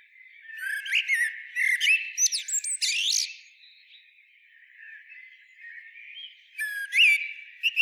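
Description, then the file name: Eurasian blackbird song, rich whistled notes sliding up and down, ending in a thin high twittering flourish, then a softer warble and a fresh phrase near seven seconds. "Turdus merula"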